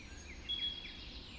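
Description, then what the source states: Birds: bird chorus at dawn, one clear high whistled note standing out briefly among softer overlapping chirps, with low rumble beneath. Dawn chorus recorded just after dawn in the Forest of Dean.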